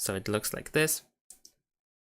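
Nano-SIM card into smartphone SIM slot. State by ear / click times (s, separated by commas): seated / 1.3 s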